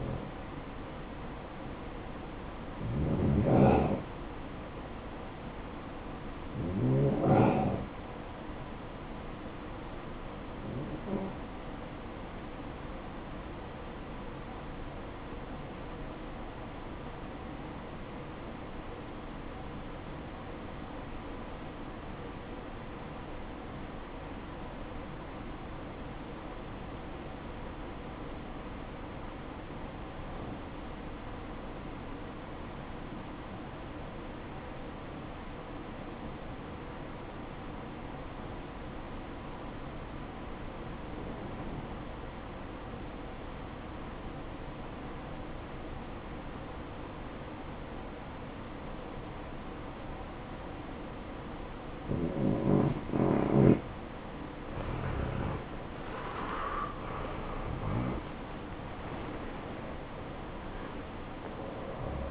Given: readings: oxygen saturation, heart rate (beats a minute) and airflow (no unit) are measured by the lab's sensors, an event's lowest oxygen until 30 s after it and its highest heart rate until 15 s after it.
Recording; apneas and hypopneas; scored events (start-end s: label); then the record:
breathing in sleep by a voice recorder at the bedside; 1
15.00-52.10 s: obstructive apnea (REM, oxygen 94% highest, then 80% lowest, heart rate 62 at the start, 77 highest)
From the record:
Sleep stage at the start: REM sleep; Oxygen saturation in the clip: 80 to 94%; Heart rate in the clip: 57 to 75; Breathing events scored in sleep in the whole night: 573 in 9.8 hours asleep